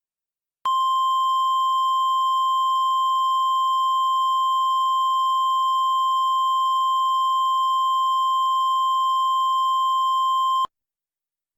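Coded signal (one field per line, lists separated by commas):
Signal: Emergency Alert System (SAME) tones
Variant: 1050 Hz attention tone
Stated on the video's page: Fictional tornado alert scenario made with software.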